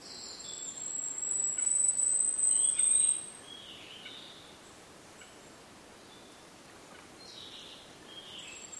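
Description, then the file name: Asian stubtail: a thin, extremely high sibilant note building steadily louder over two seconds before cutting off, with other birds calling softly around it. "yabu"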